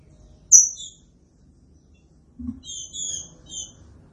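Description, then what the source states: Green-winged saltator song: a loud high note and a couple of shorter notes, a pause, then a cluster of high whistled notes, over quiet low background noise. Classic song type, made as a training track.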